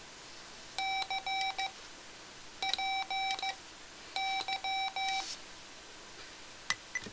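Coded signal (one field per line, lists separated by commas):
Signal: Morse code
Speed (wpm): 15 wpm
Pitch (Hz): 770 Hz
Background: none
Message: C PY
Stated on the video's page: Morse sent from soft macros recorded and stored in EEPROM on the Mr. Rags macro keyer.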